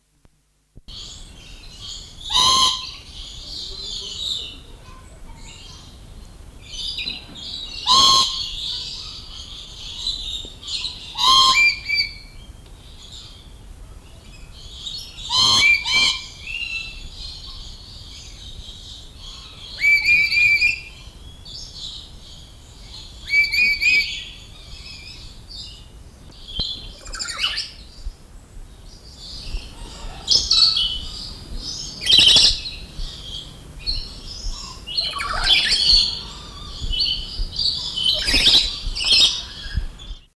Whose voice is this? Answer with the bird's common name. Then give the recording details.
Black-capped Lory. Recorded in captivity. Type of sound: call. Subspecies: jobiensis. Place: Vogelpark Walsrode, Niedersachsen, DE. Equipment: Halbspur, 9,5 cm/s. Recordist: Lütgens, Hans. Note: Rufe